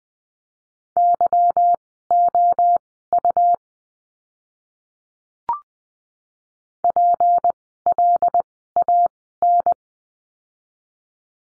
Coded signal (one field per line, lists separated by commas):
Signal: Morse code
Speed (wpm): 20 wpm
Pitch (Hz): 700 Hz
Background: none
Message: YOU PLAN